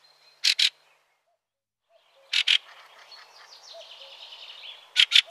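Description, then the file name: Fieldfare calls: harsh doubled chack-chack notes given three times, separated by pauses, with soft twittering in the background after the second pair. "Grive litorne"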